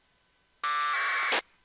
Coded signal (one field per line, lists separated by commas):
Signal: packet radio (AX.25, as in APRS)